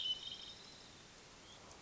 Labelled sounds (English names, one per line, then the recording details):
Hermit Thrush
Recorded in Sonoma County, California